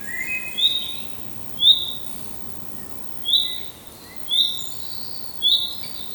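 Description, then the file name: Common chaffinch repeating a brief high call note roughly every second, with fainter lower notes early and later over steady background hiss. "Fringilla coelebs"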